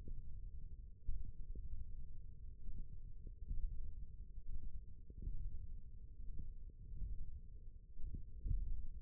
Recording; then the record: forearm muscle sounds (acoustic myography)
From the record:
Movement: finger pinch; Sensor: system 1, eight BSWA MPA416 microphones around the upper forearm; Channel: 4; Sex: male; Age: 20 years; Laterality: left